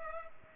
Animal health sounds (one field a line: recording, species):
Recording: mosquito wingbeat signal from an infrared sensor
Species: Culex pipiens